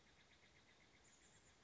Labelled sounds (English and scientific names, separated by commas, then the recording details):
Chestnut-backed Chickadee (Poecile rufescens)
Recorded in Sonoma County, California